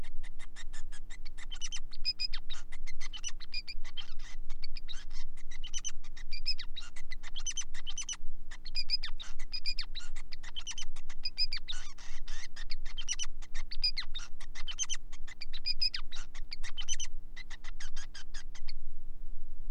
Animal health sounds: song of a male Bengalese finch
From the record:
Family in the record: son of father 5

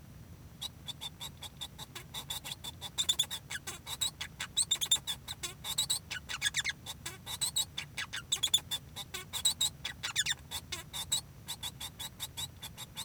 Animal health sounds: song of a male Bengalese finch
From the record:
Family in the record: son of father 1

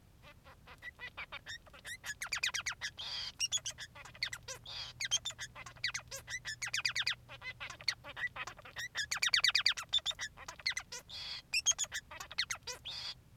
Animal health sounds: song of a male Bengalese finch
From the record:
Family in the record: son of father 3

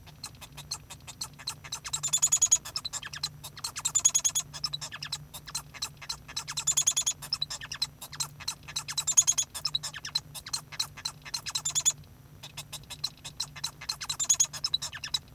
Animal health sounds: song of a male Bengalese finch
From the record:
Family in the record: son of father 1

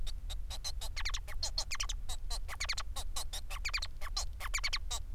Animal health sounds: song of a male Bengalese finch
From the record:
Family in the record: son of father 4

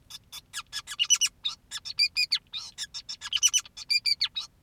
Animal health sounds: song of a male Bengalese finch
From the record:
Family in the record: son of father 2, and himself father 5

